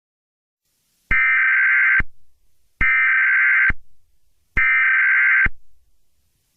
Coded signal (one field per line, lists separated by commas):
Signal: Emergency Alert System (SAME) tones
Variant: header bursts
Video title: EAS Scenario #10: Dare County Disappearances